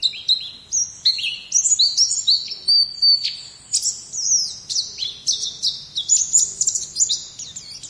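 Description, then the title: White-eye singing a rapid, high-pitched warbling stream of slurred whistles and trills, notes tumbling over each other for the whole stretch. "Pleci"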